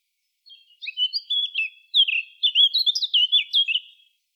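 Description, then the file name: Eurasian blackcap song, a quiet scratchy start swelling into loud, clear, fluty warbled notes that rise and fall quickly, then stop abruptly. "Sylvia atricapilla"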